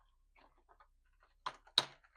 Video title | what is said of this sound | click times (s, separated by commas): ONYX Assembly | We should put one end in to the hole here, and then twist the other till it snaps center. | 1.8 s